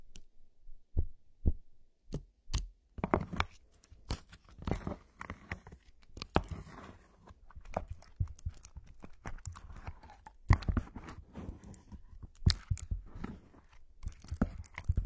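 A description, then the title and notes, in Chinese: Lotion massage: sticky, wet slaps and squelches start sparse, then grow dense and irregular, with sharp smacks around ten and twelve seconds. 乳液按摩！黏黏的…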